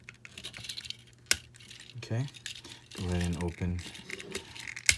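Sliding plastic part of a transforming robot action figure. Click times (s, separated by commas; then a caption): 1.3 s. A plastic part of a transforming robot action figure is pushed forward and slid out during the change to truck cab mode, with light handling clicks and rattles. It snaps into its locked position with a sharp, loud click at 1.3 s. Someone talks, and another sharp click follows near the end.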